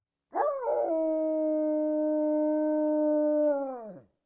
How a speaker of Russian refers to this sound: Альфа отскочил назад, облизывая кровоточащую рану, и издал протяжный вой.